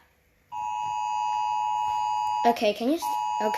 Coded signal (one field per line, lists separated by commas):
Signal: Emergency Alert System (SAME) tones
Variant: 853 and 960 Hz attention tone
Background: speech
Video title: Rating EAS ALARMS (CAUTION: SCARY ALARMS COME UP)